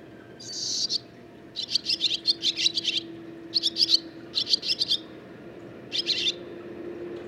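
Barn swallow twittering song: scratchy high notes in short bursts and a chattering run, pausing between phrases, over a faint steady low hum.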